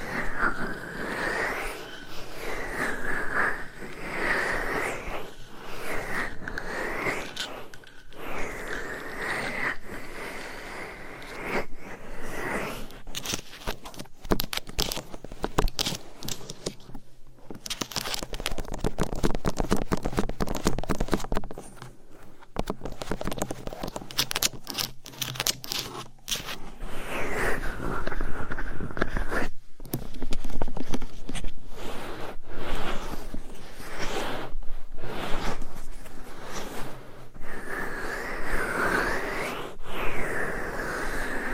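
Binaural mic scratching, massage and tapping: dense, continuous rustling scrapes with quick tapping bursts, busiest through the middle and briefly pausing near 17 and 30 seconds.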